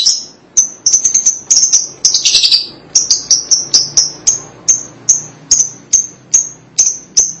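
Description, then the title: Lovebird chirping: sharp high chirps repeated rapidly, with a brief burst of rapid chattering early on. "BM Suara Burung Lovebird"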